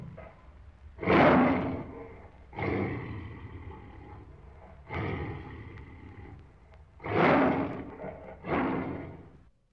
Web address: тигр